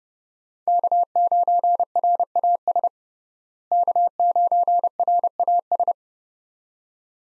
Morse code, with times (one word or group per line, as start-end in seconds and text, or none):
0.7-2.9 K9RAS
3.7-5.9 K9RAS